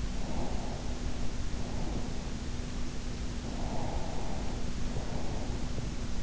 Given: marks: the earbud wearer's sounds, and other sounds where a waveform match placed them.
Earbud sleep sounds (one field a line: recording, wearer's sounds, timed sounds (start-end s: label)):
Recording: sounds in sleep by an in-ear microphone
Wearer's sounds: breath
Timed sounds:
0.19-2.13 s: breath
3.52-5.49 s: breath